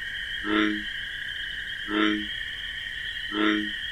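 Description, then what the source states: Three short, deep bullfrog croaks come at even spacing amid a steady ringing drone of crickets. Night in wetlands with marsh grasses; bullfrog's distinctive 'jug-o-rum' call amid a nocturnal chorus of crickets.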